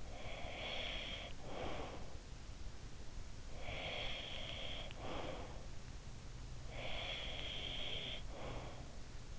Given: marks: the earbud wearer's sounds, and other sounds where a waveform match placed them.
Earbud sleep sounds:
sounds in sleep by an in-ear microphone; breath
0.00-2.59 s: breath
3.17-5.85 s: breath
6.29-9.11 s: breath

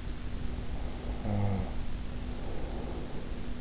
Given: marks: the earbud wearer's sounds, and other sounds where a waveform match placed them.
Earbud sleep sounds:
sounds in sleep by an in-ear microphone; snoring breath
0.37-3.61 s: snoring breath

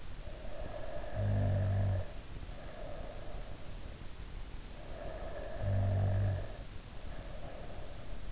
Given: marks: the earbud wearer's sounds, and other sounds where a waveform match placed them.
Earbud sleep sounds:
sounds in sleep by an in-ear microphone; snoring breath
0.21-3.81 s: snoring breath
4.78-8.32 s: snoring breath

